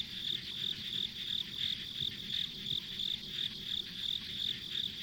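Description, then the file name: Insects chirp in short high bursts roughly three times a second over a steady high hum and faint rumble. Ambient insect sounds on a rural country road. "田舎道の虫の環境音"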